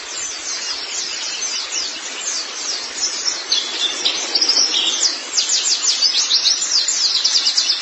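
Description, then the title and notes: White-eye song, a dense, continuous high twittering of rapid thin notes that grows louder in the second half. "Kicauan Burung Pleci Durasi Panjang. Suara kicauan burung pleci"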